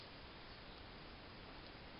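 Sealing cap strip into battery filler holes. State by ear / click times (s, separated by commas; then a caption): not seated / none. A plastic sealing cap strip is handled over the tight-fitting filler holes of a freshly filled Yuasa AGM motorcycle battery. Only a steady, even broadband hiss is heard, with no distinct clicks or sudden sounds. The strip has not seated yet, and nothing has clicked into place.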